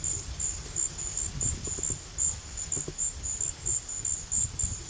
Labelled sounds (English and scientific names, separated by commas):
none